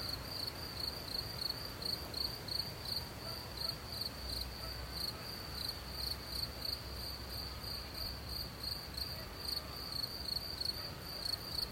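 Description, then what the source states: Repeated high cricket chirps, fast and even, carrying on over soft continuous wind. Outdoors in nature with soft wind.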